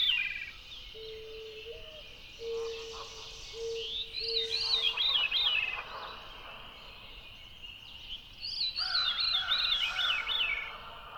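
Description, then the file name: Veery singing two rolling, downward-spiraling phrases several seconds apart, with faint steady low tones early on. "very veery"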